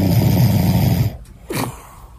There's a moment in between the snores, though. Where it sounds like Darth Vader.